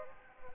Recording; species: mosquito wingbeat signal from an infrared sensor; Aedes aegypti